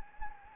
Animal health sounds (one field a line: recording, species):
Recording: mosquito wingbeat signal from an infrared sensor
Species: Anopheles gambiae